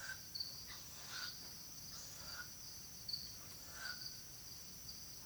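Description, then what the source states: Hume's owl begging and soliciting calls: short breathy rasping hisses, several scattered bursts, over a steady high shrill cricket chorus. Begging calls of nestlings and soliciting calls of the female.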